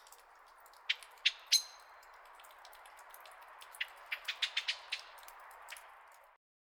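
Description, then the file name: Common blackbird chinking calls, a few loud notes early then a faster run of softer ticking notes, over a fairly strong background hiss. "Turdus merula"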